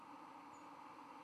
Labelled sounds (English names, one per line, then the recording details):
White-throated Sparrow flight call
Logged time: 03:02 on 31 October 2014